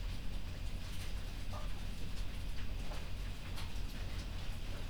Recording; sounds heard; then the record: poultry house recording; healthy chickens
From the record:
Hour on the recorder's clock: 0